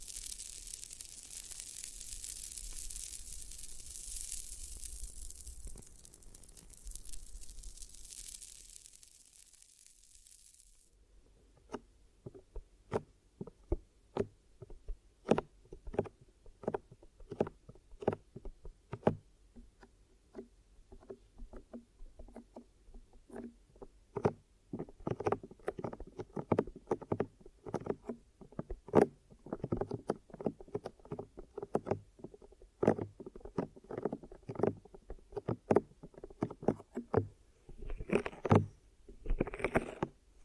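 Ear massage and cleaning sounds begin with a soft, bright hiss for about ten seconds that fades out. After a brief quiet, a long run of sharp clicks, taps and crackles follows, irregular at first, then denser and faster toward the end, over a faint low rumble.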